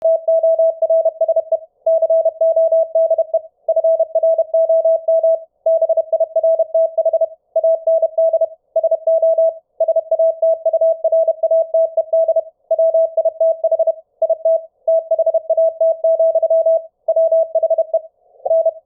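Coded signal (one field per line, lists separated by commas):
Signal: Morse code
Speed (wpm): 31 wpm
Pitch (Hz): 650 Hz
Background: none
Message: TORSE CODE FROM BIRTH AND SO SATURATED WITH IT THAT, WHEN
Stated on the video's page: Morse code audio from Mumble voice chat on the iCW server, heard through SDRSharp with adjustable CW pitch, AGC and CW bandpass filter.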